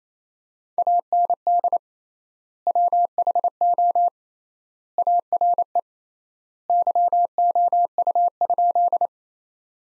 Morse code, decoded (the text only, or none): AND WHO ARE YOU?